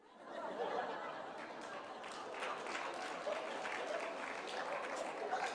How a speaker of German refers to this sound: Warum klatschen nur die Frauen? Was ist los mit euch?